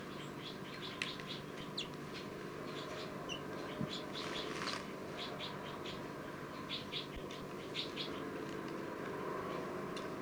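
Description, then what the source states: Crossbill chicks giving thin, high chirps in short scattered bursts over a steady low hum. Two baby crossbills, numbered 301 and 302, right next to each other in a cell; the recordist cannot tell which is which.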